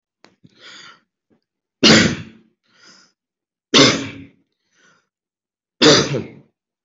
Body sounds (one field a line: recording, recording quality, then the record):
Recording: shallow voluntary cough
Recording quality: excellent, no background noise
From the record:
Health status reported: healthy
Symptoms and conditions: none ticked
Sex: male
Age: 32 years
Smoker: not ticked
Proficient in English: yes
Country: India